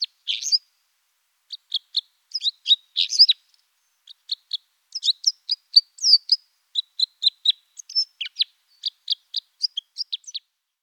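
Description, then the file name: Red crossbill calls: sharp, clipped chip notes in short quick groups, repeated throughout with brief pauses, over a quiet background. "Fichtenkreuzschnabel Loxia curvirostra"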